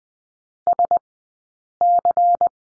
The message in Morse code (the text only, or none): SC